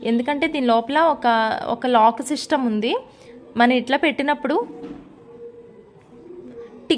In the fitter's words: Tick మన ఒక sound వస్తుంది. మనకి సౌండ్ వచ్చినప్పుడు ఇది లాక్ అయిపోద్ది.